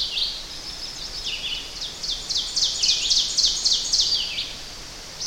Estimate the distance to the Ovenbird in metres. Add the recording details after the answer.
about 25 m. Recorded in boreal forest in Alberta, Canada, on 10 June 2016 at 06:57. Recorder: SongMeter 3, array SBT-3-39. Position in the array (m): 195 m, 89 m. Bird 17